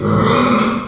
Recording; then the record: squeal of a Yucatan mini pig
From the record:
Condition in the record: after surgery on the right vocal fold (resection and tissue-engineered implant); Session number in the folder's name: 16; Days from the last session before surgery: 183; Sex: female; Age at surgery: 19 weeks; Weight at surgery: 25 kg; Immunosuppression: prednisolone